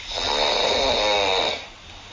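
Adult woman, sleeping, gives one long, loud snore lasting about one and a half seconds, with a rattling, buzzing tone; the snoring is pretty bad.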